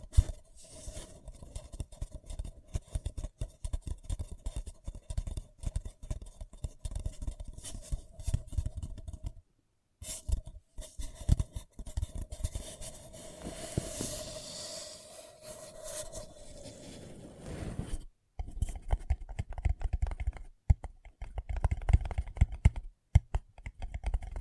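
Paper cup tingles: dense crinkling, tapping and scratching with a steady faint tone, brief silences near 10 and 18 seconds, sharper taps afterward.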